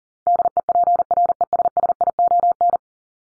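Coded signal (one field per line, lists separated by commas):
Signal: Morse code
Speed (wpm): 40 wpm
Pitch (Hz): 700 Hz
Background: none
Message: DEPRESSION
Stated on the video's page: Morse word drill at 40 wpm for head-copy practice, each word sent, spoken, then sent again.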